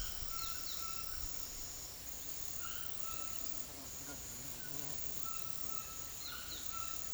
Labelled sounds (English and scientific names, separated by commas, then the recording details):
White-throated Toucan (Ramphastos tucanus)
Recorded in secondary vegetation near Puerto Asís, Putumayo, Colombia, on 19 February 2024 at 13:30
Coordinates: 0.500, -76.326
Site G6428